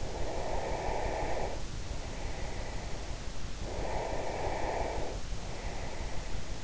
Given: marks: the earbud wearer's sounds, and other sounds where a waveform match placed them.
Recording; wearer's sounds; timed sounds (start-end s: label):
sounds in sleep by an in-ear microphone; breath
0.05-6.64 s: breath